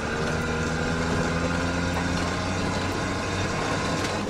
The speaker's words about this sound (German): Sumatra. Der Local Bus schlängelt sich in einer grandiosen Dschungellandschaft die Serpentinen empor, stundenlang.